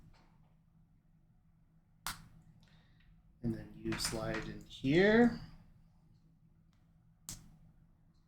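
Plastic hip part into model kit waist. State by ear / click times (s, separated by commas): partly seated / 7.3 s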